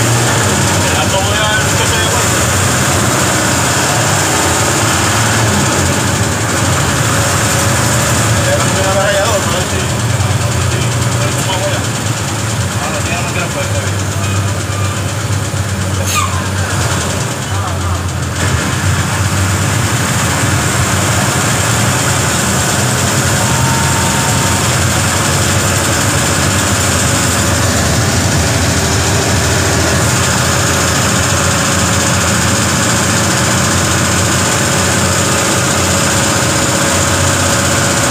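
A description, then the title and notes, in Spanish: A ride on a bus, with a steady engine drone and rumble filling the whole recording at an even loudness. Faint voices come and go in the background, and a brief sharp click or squeak stands out around the sixteen-second mark. En el bus de 5 de julio.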